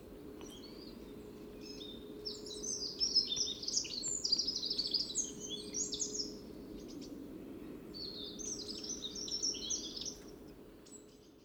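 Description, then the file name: Eurasian wren delivering two bright, rapid trilling strophes, the first about four seconds and the second shorter, somewhat quieter, with steady low background noise throughout. "Troglodytes troglodytes"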